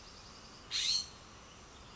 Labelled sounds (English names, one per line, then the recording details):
California Scrub-Jay
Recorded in Sonoma County, California